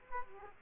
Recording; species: mosquito wingbeat signal from an infrared sensor; Aedes aegypti